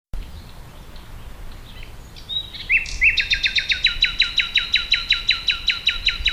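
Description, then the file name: Common nightingale song: soft varied notes, then a loud, rapid series of repeated down-slurred notes continuing to the end. "Luscinia megarhynchos"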